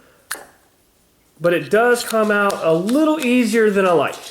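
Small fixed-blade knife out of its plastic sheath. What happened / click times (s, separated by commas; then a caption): Blade releases from its sheath with a single click / 0.3 s. A Ka-Bar Snody Administrator small fixed-blade knife is drawn out of its plastic sheath, releasing with a single sharp click at 0.3 s. The sheath's retention lets the knife come out a little too easily. Someone then talks.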